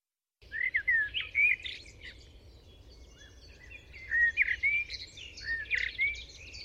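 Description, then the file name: Common blackbird singing mellow, fluty whistled phrases that slide up and down, followed by higher scratchy twitters, repeated in three bursts over a quiet, hissing background. "Turdus merula"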